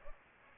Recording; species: mosquito wingbeat signal from an infrared sensor; Aedes aegypti